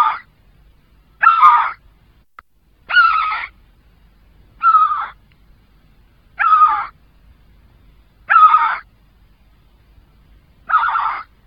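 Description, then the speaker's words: Great Skua giving a series of harsh calls, each about half a second long, repeated every two seconds or so, in a quiet background. Song described as rather unspectacular; species seen on coasts, especially the North Sea coast and northern Denmark. "Der Gesang der Skua klingt recht unspektakulär. Ich habe ihn trotzdem mitgebracht."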